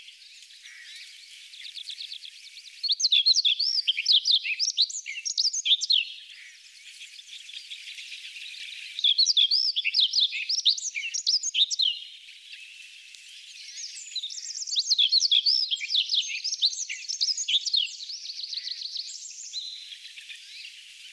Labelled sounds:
Himalayan Rubythroat (Luscinia pectoralis) song

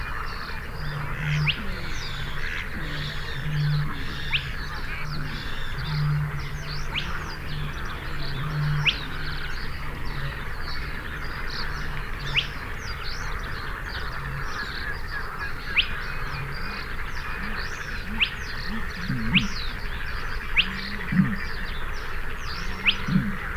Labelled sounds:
Spotted Crake (Porzana porzana) song

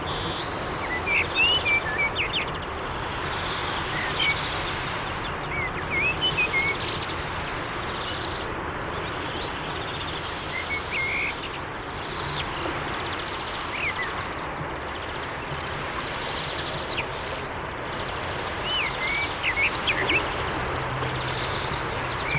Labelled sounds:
Common Blackbird (Turdus merula) song

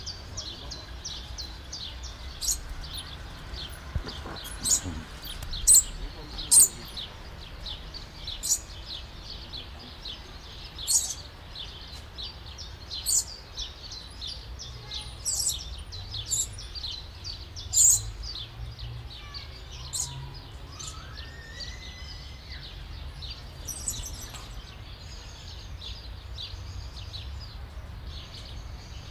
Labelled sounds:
Papuan Lorikeet (Charmosyna papou) call

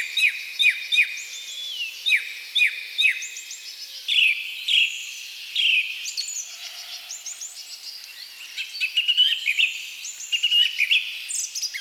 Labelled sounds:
Song Thrush (Turdus philomelos) song

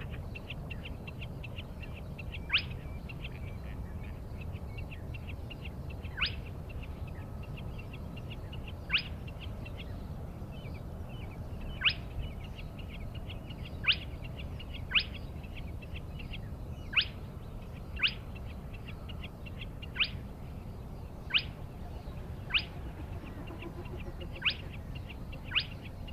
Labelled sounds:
Spotted Crake (Porzana porzana)

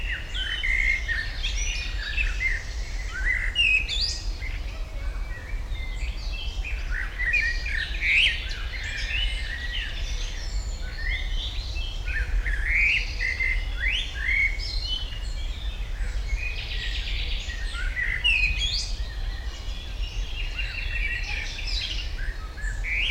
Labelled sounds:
Common Blackbird (Turdus merula)

